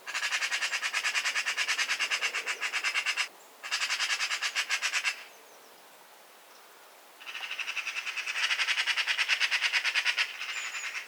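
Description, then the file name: Eurasian magpie rattling in long, loud, machine-gun-like chatters of rapid harsh pulses, with a short pause and a quieter gap before a final burst. "Pica pica"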